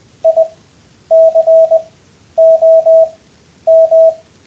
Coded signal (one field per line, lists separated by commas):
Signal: Morse code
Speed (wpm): 20 wpm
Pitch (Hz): 650 Hz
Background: radio noise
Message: ICOM